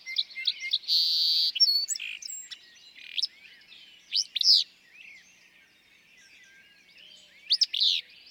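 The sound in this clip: Willow flycatcher song, harsh sneezy phrases spaced a few seconds apart, with a buzzing trill and other birds twittering around it.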